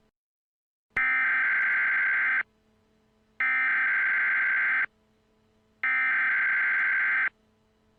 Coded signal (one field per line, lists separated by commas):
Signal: Emergency Alert System (SAME) tones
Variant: header bursts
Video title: Emergency Alert System Mock: Murderous Clowns